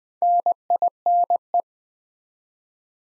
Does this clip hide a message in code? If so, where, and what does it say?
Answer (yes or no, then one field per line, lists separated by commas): yes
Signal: Morse code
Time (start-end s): 0.2-1.6 s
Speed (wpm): 20 wpm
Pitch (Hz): 700 Hz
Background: none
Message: NINE